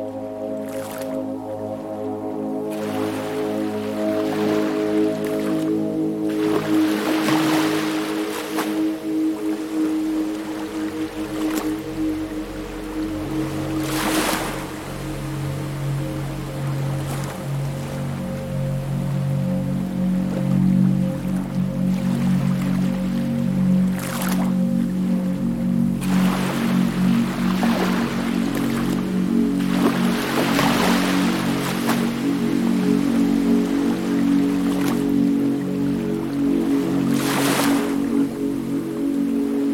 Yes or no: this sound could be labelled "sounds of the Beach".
yes